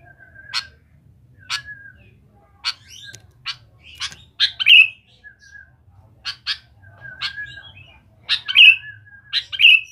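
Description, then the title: Sooty-headed bulbul song: spaced sharp notes with brief level whistles, building to bright bubbly rising-falling phrases in the second half; a faint low hum throughout. "Kutilang"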